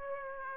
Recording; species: mosquito wingbeat signal from an infrared sensor; Aedes aegypti